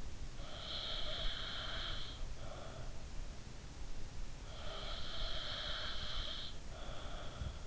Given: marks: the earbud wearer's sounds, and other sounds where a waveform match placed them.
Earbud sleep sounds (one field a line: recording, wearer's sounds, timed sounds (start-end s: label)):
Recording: sounds in sleep by an in-ear microphone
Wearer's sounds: breath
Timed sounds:
0.39-2.98 s: breath
4.49-7.66 s: breath